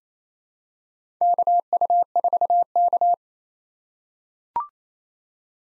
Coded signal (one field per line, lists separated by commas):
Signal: Morse code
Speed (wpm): 28 wpm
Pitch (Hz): 700 Hz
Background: none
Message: KU4K